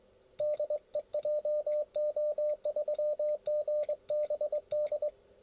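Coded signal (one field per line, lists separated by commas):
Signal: Morse code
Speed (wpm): 20 wpm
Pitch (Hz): 600 Hz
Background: none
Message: DE JO3GBD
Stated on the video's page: Morse from an electronic keyer built with IchigoJam.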